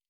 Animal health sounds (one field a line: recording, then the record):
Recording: hydrophone in a shrimp aquaculture tank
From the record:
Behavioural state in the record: normal